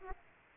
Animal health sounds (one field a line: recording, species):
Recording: mosquito wingbeat signal from an infrared sensor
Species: Aedes aegypti